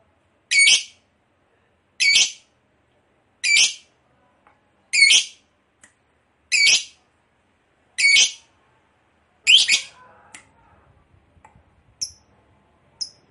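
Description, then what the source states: Lovebird giving harsh, high squawks, one roughly every one and a half seconds, seven in a row, then fainter chirps and short high notes. Long ngekek chatter, described as gacor (in full, frequent voice).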